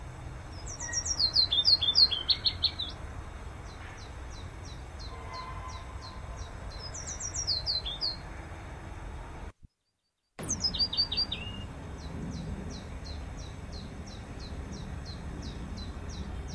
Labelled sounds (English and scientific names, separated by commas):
Willow Warbler (Phylloscopus trochilus)